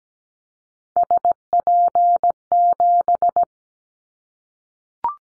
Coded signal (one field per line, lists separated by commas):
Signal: Morse code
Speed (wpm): 17 wpm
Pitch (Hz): 700 Hz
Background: none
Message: SP7